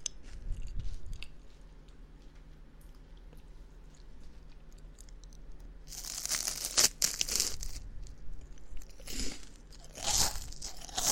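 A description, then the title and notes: Chewing on candy, with soft, low mouth sounds early on, then loud, bright crunches and crackles from about six to eight seconds. Another burst of crisp biting comes near ten seconds, and a quiet low hum sits underneath throughout. Eating Halloween Candy. MouthSounds. Chewing sounds.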